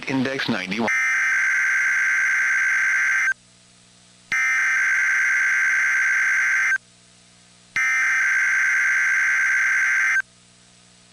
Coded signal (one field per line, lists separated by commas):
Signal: Emergency Alert System (SAME) tones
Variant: header bursts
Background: speech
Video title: EAS 6480-6557 Mega EAS Compilation from Camp and tests as of 8/25/2024